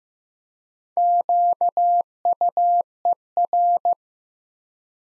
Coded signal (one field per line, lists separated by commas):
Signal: Morse code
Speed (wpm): 15 wpm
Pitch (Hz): 700 Hz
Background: none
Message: QUER